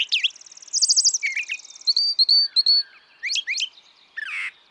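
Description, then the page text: Brown thrasher song: a high rattling trill, then a string of varied whistles, slurred notes and harsh chirps, some phrases repeated in quick succession. Same male throughout, one of several selections totalling about three and a quarter hours; repertoire estimated at about 1300 songs, including imitations of other species. "Birdsong for the Curious Naturalist. Brown thrasher"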